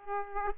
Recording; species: mosquito wingbeat signal from an infrared sensor; Aedes aegypti